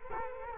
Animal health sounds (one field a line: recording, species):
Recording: mosquito wingbeat signal from an infrared sensor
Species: Culex quinquefasciatus